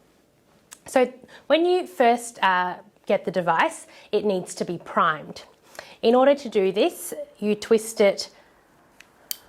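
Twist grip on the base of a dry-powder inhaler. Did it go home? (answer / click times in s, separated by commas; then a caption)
yes / 9.3 s. Someone talks while twisting the rotating plastic grip at the base of a dry-powder inhaler to prime the device, and a sharp click is heard at 9.3 s as the grip twists into position. This is the first click; priming is complete only after a second click when the grip is twisted back and forwards again.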